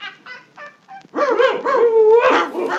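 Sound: dog barking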